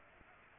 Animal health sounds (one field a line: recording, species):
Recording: mosquito wingbeat signal from an infrared sensor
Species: Culex pipiens